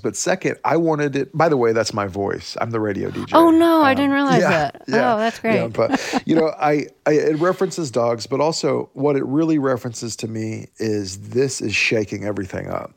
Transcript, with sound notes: But second, I wanted it - by the way, that's my voice. I'm the radio DJ.
Oh, no, I didn't realize that.
Yeah, yeah.
Oh, that's great (laughter).
Yeah, but - you know, I - it references dogs, but also, what it really references to me is this is shaking everything up.